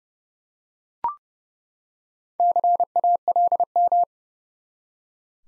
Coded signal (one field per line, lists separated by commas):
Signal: Morse code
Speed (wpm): 32 wpm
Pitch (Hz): 700 Hz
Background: none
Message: CALM